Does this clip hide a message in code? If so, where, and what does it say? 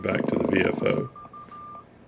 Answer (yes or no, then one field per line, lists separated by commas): no